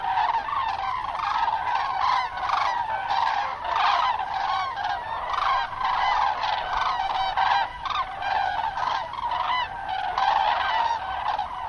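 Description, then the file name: Common crane flock calling: a dense, continuous chorus of loud, honking trumpet calls with rich harmonics, many birds overlapping throughout. "grus grus"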